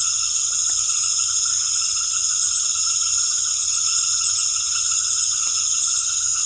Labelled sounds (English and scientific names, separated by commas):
none